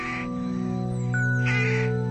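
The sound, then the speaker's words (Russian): Rooks caw noisily at dusk in early spring as they settle to roost, in two harsh, rasping bursts, one at the start and another near the end, over a steady low droning hum. “и, укладываясь на ночлег, шумно кричат грачи.”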